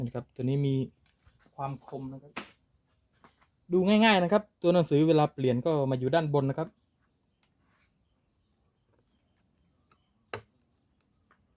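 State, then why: Seated. A 10-inch, 24-tooth steel brush-cutter blade is fitted onto the cutter head with its lettering facing up, then turned until it locks into place. Someone talks for the first several seconds, then after a quiet stretch a single sharp click is heard at 10.3 s, followed by a few faint ticks. The blade is seated.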